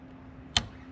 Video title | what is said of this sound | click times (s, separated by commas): L83 Silverado gets DSX Flex fuel e85 kit ***Mild to wild series part 4*** | Just like that, solid click. | 0.6 s